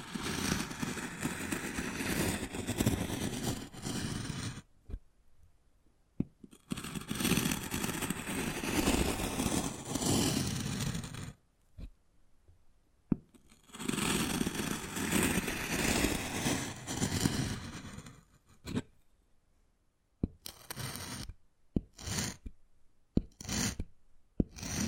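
Wood carving with long stretches of dense scraping and rasping, each lasting several seconds, broken by short pauses near 5, 11 and 19 seconds. The final seconds turn to sparse, sharp taps and quick scratches separated by silence.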